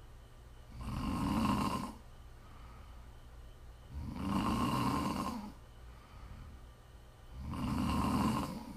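ASMR snoring from a sleeping adult woman: three low, rumbling snores in nine seconds, about 18 per minute, separated by quieter breathing pauses.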